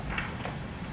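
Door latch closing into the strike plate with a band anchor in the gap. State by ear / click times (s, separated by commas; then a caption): not seated / none. A door is held shut with a resistance band door anchor placed in the gap on the handle side, so the latch closes toward the strike plate with the anchor in the way. Against a low, steady background, a brief soft knock comes at about 0.2 s. The latch does not catch, and nothing has seated or clicked yet.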